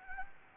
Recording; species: mosquito wingbeat signal from an infrared sensor; Anopheles gambiae